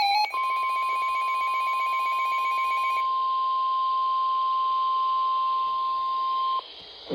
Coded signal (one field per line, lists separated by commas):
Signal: Emergency Alert System (SAME) tones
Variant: 1050 Hz attention tone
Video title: EAS #1108 Severe Thunderstorm Warning